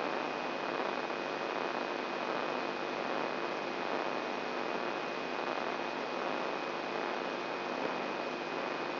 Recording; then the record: brain microelectrode recording played as sound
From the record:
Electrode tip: outside the subthalamic nucleus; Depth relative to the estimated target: 1.5 mm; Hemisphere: right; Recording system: AlphaMap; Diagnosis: Parkinson's disease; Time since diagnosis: 11 years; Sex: male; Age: 67 years